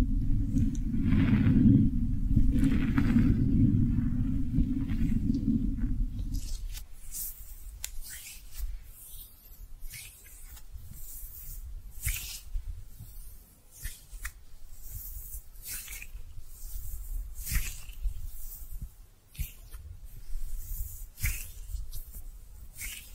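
Brushing and squishy trigger sounds, opening with a dense, low rumbling rub for about the first six seconds. After that it turns quieter, with soft crackly swishes and short bright, wet-sounding taps scattered irregularly, roughly every second or two.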